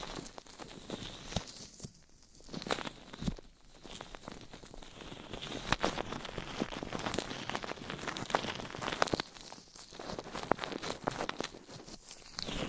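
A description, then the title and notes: Dense scratching and brushing against a microphone, a steady crackling rush full of sharp clicks and rasps. The texture stays bright and busy throughout, easing into brief softer pauses around two, three and a half, and nine and a half seconds. ASMR Massage for Your Ears Mic Scratching - Brushing - Ear Attention Asmr No Talking for Sleep.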